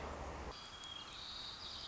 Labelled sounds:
White-crowned Sparrow (Zonotrichia leucophrys)
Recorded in Sonoma County, California

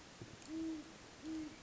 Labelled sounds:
Great Horned Owl (Bubo virginianus)
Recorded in Sonoma County, California

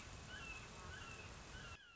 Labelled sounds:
Red-shouldered Hawk (Buteo lineatus)
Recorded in Sonoma County, California

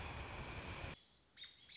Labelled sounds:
American Robin (Turdus migratorius)
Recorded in Sonoma County, California

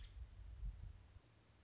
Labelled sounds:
Nuttall's Woodpecker (Dryobates nuttallii)
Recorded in Sonoma County, California

